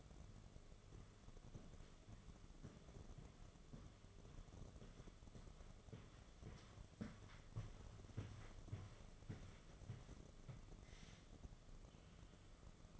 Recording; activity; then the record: daily activity, microphone in the room; walk to room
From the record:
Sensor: 4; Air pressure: 1011.2 hPa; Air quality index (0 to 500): 133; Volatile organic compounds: 3 ppm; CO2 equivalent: 1362 ppm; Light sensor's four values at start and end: 211/546/234/244 and 210/543/233/243